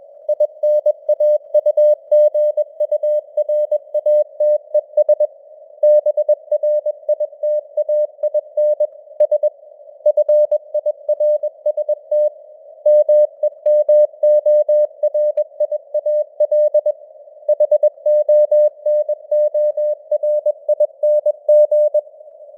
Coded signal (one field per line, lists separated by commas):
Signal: Morse code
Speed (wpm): 21 wpm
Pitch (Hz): 600 Hz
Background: none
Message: INAUGURATES BRITAIN S FIRST MEMORIAL HONORING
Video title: Morse Code News | 2025-10-28 | 21wpm